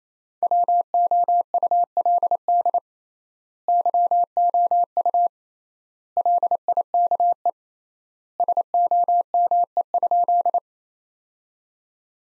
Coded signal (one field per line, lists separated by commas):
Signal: Morse code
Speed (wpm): 28 wpm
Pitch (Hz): 700 Hz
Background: none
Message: WOULD YOU LIKE SOME?